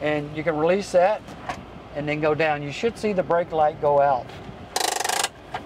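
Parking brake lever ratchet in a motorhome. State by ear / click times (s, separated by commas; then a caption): seated / 4.8 s, 5.0 s, 5.1 s, 5.6 s. Someone talks, then the hand-operated parking brake lever on the left side of a Dodge motorhome is pulled up, giving a quick run of ratchet-pawl clicks at about 4.8, 4.8, 5.0, 5.1 and 5.6 seconds. The lever is pulled until it clicks no more, and the parking brake is set.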